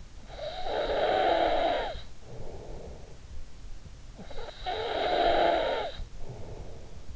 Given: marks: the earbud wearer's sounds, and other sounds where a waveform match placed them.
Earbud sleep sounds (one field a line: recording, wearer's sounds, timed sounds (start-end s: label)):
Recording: sounds in sleep by an in-ear microphone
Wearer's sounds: snoring breath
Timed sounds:
0.05-3.22 s: snoring breath
4.02-7.16 s: snoring breath